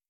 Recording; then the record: hydrophone in a shrimp aquaculture tank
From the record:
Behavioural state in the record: starved